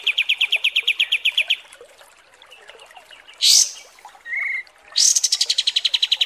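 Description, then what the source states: Kapas tembak song: a fast series of bright repeated notes around mid-high pitch, a pause, short high bursts, then another rapid pulsed trill. Masteran training recording of kapas tembak song.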